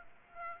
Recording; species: mosquito wingbeat signal from an infrared sensor; Aedes aegypti